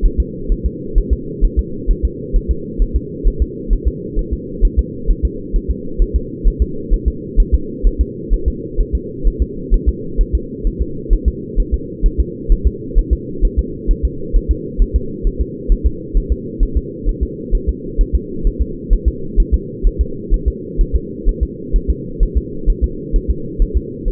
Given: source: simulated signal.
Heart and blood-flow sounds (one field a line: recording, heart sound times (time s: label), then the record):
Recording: fetal heart sounds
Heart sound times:
0.06 s: S1
0.20 s: S2
0.52 s: S1
0.66 s: S2
0.98 s: S1
1.13 s: S2
1.45 s: S1
1.59 s: S2
1.91 s: S1
2.05 s: S2
2.36 s: S1
2.51 s: S2
2.82 s: S1
2.96 s: S2
3.27 s: S1
3.42 s: S2
3.73 s: S1
3.88 s: S2
4.19 s: S1
4.33 s: S2
4.65 s: S1
4.79 s: S2
5.11 s: S1
5.25 s: S2
5.56 s: S1
5.71 s: S2
6.02 s: S1
6.16 s: S2
6.48 s: S1
6.62 s: S2
6.94 s: S1
7.08 s: S2
7.40 s: S1
7.54 s: S2
7.87 s: S1
8.01 s: S2
8.34 s: S1
8.48 s: S2
8.81 s: S1
8.95 s: S2
9.27 s: S1
9.42 s: S2
9.74 s: S1
9.89 s: S2
10.21 s: S1
10.35 s: S2
10.67 s: S1
10.81 s: S2
11.13 s: S1
11.28 s: S2
11.60 s: S1
11.74 s: S2
12.06 s: S1
12.20 s: S2
12.52 s: S1
12.67 s: S2
12.99 s: S1
13.13 s: S2
13.45 s: S1
13.59 s: S2
13.91 s: S1
14.05 s: S2
14.36 s: S1
14.51 s: S2
14.82 s: S1
14.96 s: S2
15.27 s: S1
15.41 s: S2
15.72 s: S1
15.87 s: S2
16.17 s: S1
16.32 s: S2
16.63 s: S1
16.77 s: S2
17.09 s: S1
17.23 s: S2
17.55 s: S1
17.69 s: S2
18.01 s: S1
18.15 s: S2
18.47 s: S1
18.62 s: S2
18.93 s: S1
19.08 s: S2
19.40 s: S1
19.54 s: S2
19.87 s: S1
20.01 s: S2
20.34 s: S1
20.48 s: S2
20.81 s: S1
20.96 s: S2
21.29 s: S1
21.43 s: S2
21.76 s: S1
21.90 s: S2
22.23 s: S1
22.37 s: S2
22.70 s: S1
22.84 s: S2
23.16 s: S1
23.31 s: S2
23.62 s: S1
23.77 s: S2
24.08 s: S1
From the record:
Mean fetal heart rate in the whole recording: 130 bpm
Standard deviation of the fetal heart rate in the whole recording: 2 bpm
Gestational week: 38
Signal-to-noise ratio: -4.3 dB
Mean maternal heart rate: 72 bpm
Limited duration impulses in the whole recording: absent